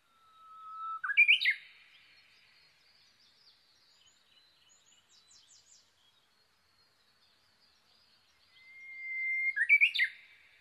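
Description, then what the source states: Japanese bush warbler song, a long steady whistle sliding into a loud, quick warbled flourish, given twice about eight seconds apart, with faint chirps of other birds in between. Recorded on 22 May 2011 at 05:43.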